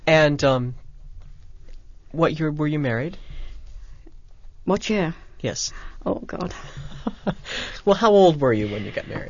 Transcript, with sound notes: And what year were you married?
What year?
Yes.
Oh, God. (they laugh)
Well, how old were you when you got married?